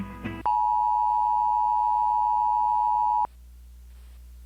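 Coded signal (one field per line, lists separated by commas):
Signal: Emergency Alert System (SAME) tones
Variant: 853 and 960 Hz attention tone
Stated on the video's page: Recreational mock civil emergency message for flash flooding, not a real alert.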